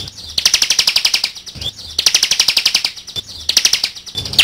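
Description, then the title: Bar-winged prinia singing fast, high-pitched pulsed trills, each burst about a second long and followed by a brief pause. Ciblek labelled 'jatra'. "audio ciblek jatra omkicau. Kicau Ciblek"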